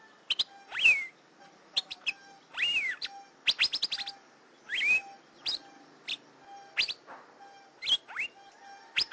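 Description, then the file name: Asian fairy-bluebird calls, a lively series of clipped upward-flicking notes and occasional longer swooping whistles, repeated irregularly throughout. "suara kacembang gadung"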